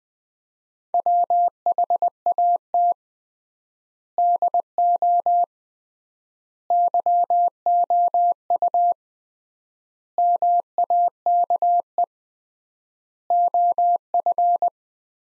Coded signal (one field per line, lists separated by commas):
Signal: Morse code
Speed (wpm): 21 wpm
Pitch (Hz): 700 Hz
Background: none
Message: WHAT DO YOU MAKE OF